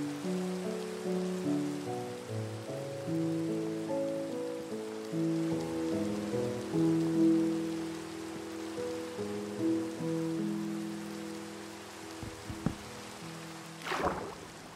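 Rain hisses steadily throughout, beneath soft, sustained low notes that shift pitch every second or so like a slow melody. Near the end, a couple of short knocks land around 12–13 seconds, then a sharper crunching burst at about 14 seconds.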